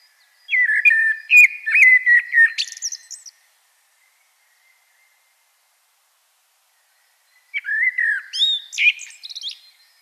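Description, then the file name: Common blackbird song: two mellow fluted whistled phrases, each ending in a squeaky high twitter, separated by about four seconds of silence. "Turdus merula"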